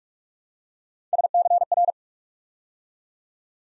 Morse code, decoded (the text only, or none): SCR